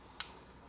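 A torque wrench is pulled to tighten a spark plug into a motorcycle cylinder head until it breaks over. A single sharp, bright click sounds at 0.2 s over a quiet background. The plug is seated and torqued.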